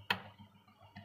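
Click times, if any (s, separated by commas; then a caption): 0.1 s. A bobbin case is pressed into its seat in a sewing machine's shuttle/hook housing and gives a sharp click at 0.1 s, showing the bobbin has fitted. A fainter tick follows near 1.0 s.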